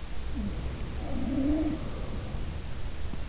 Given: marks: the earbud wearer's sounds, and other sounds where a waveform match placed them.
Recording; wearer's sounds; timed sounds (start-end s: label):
sounds in sleep by an in-ear microphone; breath
0.20-3.21 s: sound from someone else or the room
0.20-3.21 s: breath